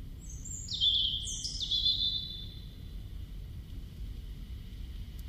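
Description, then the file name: European robin song: one short phrase of high, thin whistles sliding down and stepping between pitches, then quiet with faint low rumble. "Erithacus rubecula"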